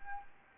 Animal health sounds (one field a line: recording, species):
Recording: mosquito wingbeat signal from an infrared sensor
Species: Anopheles gambiae